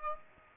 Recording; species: mosquito wingbeat signal from an infrared sensor; Aedes aegypti